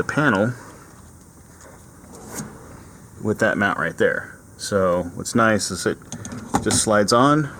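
A spring-loaded tablet mount is handled near a small receiver on an aircraft panel while someone talks, with a brief faint sound around 2.4 seconds and a low steady background hum. The clip ends before the mount slides on and locks into the receiver; nothing has seated or clicked yet.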